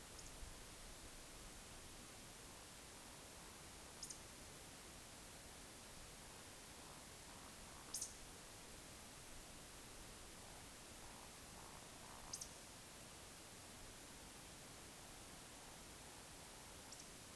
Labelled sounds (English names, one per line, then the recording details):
Eurasian Woodcock whistle
Eurasian Woodcock croak
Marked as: whistle, croak, whistle, croak, whistle, croak, whistle, croak, whistle
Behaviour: display flight
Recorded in Baden-Württemberg, Germany, on 20 May 2021 at 19:55 UTC
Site 24606, 635 m above sea level